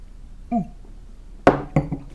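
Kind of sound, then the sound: household object, glasses clinking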